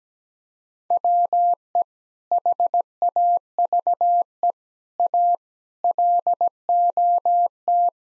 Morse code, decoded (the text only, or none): WE HAVE A LOT